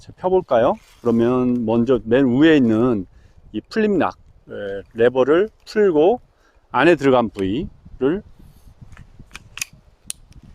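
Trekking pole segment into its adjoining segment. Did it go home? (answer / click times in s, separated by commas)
yes / 10.1 s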